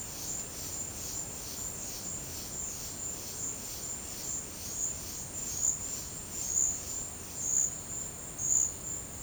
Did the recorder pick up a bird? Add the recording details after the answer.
no. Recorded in dense forest near Puerto Asís, Putumayo, Colombia, on 19 March 2025 at 13:00. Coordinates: 0.481, -76.323. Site G088